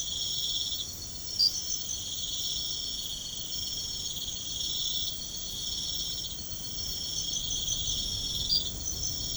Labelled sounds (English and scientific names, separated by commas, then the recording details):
none
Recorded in pastures near Puerto Asís, Putumayo, Colombia, on 13 March 2025 at 03:30
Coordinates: 0.505, -76.324
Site GP08